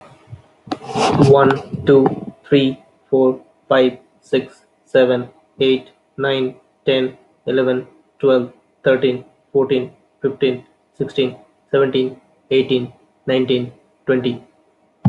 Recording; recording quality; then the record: counting at a normal pace; moderate, slight background noise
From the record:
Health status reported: healthy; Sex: male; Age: 27 years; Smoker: yes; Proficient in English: yes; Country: India